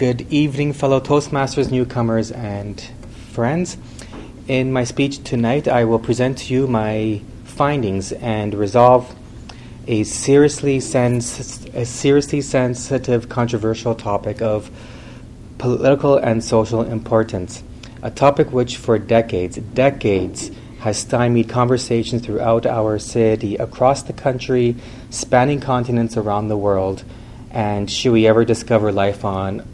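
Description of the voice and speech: An adult man who stutters gives a prepared speech to a public-speaking club audience after saying he feels nervous. His speech is mostly fluent, with brief sound prolongations, a restarted word and a word repetition, fitting mild stuttering.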